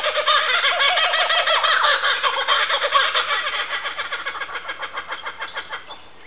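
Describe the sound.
Kookaburra laughing call, a loud rapid cackling chorus of stacked harsh notes that slowly fades, with a few thin high chirps near the end.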